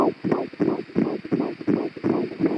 That is 12 and a half weeks along. There's the heartbeat.